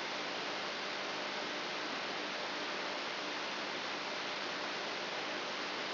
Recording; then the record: brain microelectrode recording played as sound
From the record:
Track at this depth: inside the subthalamic nucleus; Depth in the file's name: 5.816 mm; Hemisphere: left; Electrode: 3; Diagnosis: Parkinson's disease